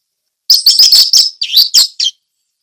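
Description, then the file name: Orange-headed thrush singing a quick burst of several loud, chattering notes, high and scratchy with rapid warbled slurs, lasting under two seconds. Indonesian name anis merah; song style called ngeplong teler. "suara anis merah ngeplong teler"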